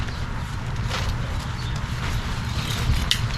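A frame lock joint of a pop-up shower tent is pushed home over steady low background rumble. It clicks into place at 3.1 seconds with a short, sharp snap, and the joint is seated.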